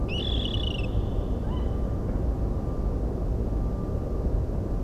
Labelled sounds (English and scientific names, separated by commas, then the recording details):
Water Rail (Rallus aquaticus), Tawny Owl (Strix aluco)
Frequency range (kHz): Water Rail (Rallus aquaticus) 1.5-9.2 kHz; Tawny Owl (Strix aluco) 0.8-4.2 kHz
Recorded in France